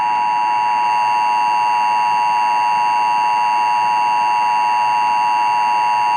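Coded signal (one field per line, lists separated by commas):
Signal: Emergency Alert System (SAME) tones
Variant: 853 and 960 Hz attention tone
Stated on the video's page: Fictional analog horror EAS scenario using valid EAS tones.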